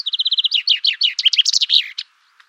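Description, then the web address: Common chaffinch song: a quick run of sharp, evenly spaced notes settling lower, then breaking into faster, tumbling phrases and ending in a brief flourish after about two seconds. "Deverinetal"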